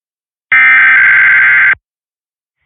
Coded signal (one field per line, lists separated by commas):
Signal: Emergency Alert System (SAME) tones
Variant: header bursts